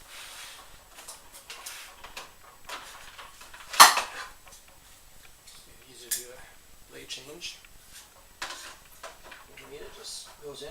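A blade-change wrench for a table saw is handled and pushed toward its onboard storage holder on the saw body while someone talks. Light metallic clinks and taps are heard, with a louder sharp hit around 3.8 seconds. Nothing has seated or snapped into place yet.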